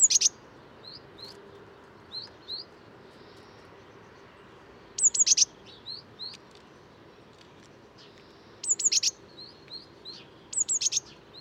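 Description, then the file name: Eurasian blue tit calling in high, brief clusters of sharp notes at irregular gaps, several quiet upward chips scattered between, over low steady background hiss. "Cyanistes caeruleus"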